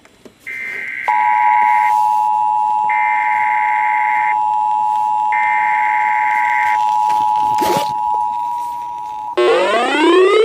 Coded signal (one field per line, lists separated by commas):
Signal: Emergency Alert System (SAME) tones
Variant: 853 and 960 Hz attention tone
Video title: 2x FLWs (one with slight glitch) on WXJ84, WKWS & WVAF (2/4/22) EAS 574-579